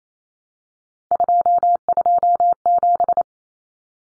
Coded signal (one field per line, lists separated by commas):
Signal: Morse code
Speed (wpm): 28 wpm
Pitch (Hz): 700 Hz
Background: none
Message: 227